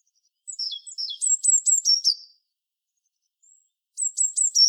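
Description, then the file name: Eurasian blue tit calling: thin high notes, then a quick series of sharp descending trilled notes, repeated after a pause. "Cyanistes caeruleus"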